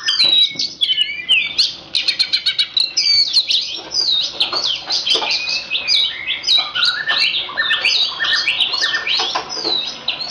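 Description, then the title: Oriental magpie-robin song, a dense, rapid stream of high twittering, whistled slurs and chattering notes running almost without pause for ten seconds. Kacer poci, national champion competition bird; song described as gacor, nembak and ngerol; recording presents seven kinds of kacer song, three minutes each. "Kacer Poci Gacor Nembak Dan Ngerol Juara Nasional. 7 macam suara kacer setiap 3 menit"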